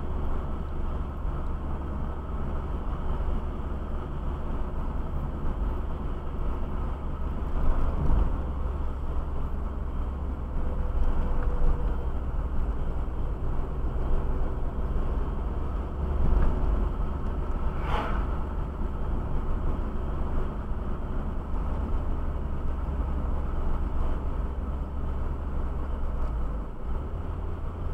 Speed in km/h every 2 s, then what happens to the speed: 55, 51, 54, 52, 51, 50, 48, 50, 54, 55, 55, 51, 50, 49.
0-11 steady at about 51. 19-28 slows to 49.